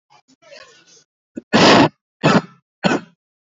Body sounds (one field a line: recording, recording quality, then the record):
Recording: heavy voluntary cough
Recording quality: excellent, no background noise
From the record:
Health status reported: healthy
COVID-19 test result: not tested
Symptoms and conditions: cough, sore throat, diarrhoea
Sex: male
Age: 26 years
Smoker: not ticked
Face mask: not worn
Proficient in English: yes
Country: India